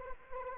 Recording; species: mosquito wingbeat signal from an infrared sensor; Anopheles arabiensis